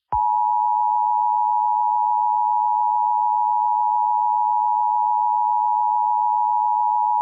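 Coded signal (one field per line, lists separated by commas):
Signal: Emergency Alert System (SAME) tones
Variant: 853 and 960 Hz attention tone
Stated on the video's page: Fictional scenario, not a real alert.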